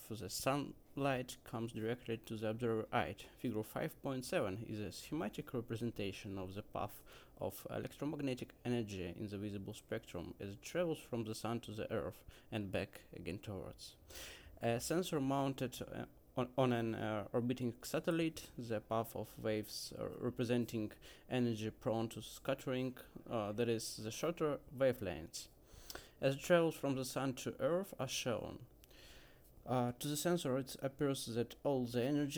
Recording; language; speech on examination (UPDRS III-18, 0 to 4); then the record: text read into a phone; English; 0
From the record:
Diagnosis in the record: healthy control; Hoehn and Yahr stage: 0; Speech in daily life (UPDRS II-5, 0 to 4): 0